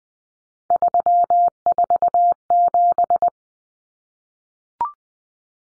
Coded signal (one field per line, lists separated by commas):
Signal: Morse code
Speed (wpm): 20 wpm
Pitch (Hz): 700 Hz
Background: none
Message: 347